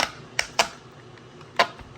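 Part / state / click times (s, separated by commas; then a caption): car side mirror glass onto mirror motor mount / seated / 0.4 s, 0.6 s, 1.6 s. Plastic-backed side mirror glass on a 2018–24 Toyota Camry is pressed onto the power-folding mirror motor mount so its four corner clips engage. Three sharp, loud clicks sound at 0.4, 0.6 and 1.6 seconds, with a couple of faint ticks in between. The glass clips snap onto the motor and the mirror is seated.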